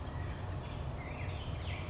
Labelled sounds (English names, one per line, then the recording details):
Black-headed Grosbeak
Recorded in Sonoma County, California